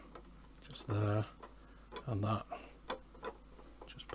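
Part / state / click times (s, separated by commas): clear roof window panel into the roof of a scale model car / seated / 2.9 s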